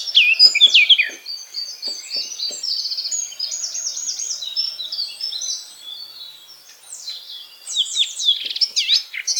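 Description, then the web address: Eurasian blackcap song: loud opening notes, then a softer rambling warble, growing louder again near the end with sweeping phrases. "SETE data Sylvia atricapilla"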